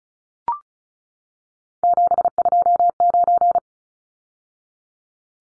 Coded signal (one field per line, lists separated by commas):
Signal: Morse code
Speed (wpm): 34 wpm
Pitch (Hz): 700 Hz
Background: none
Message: 729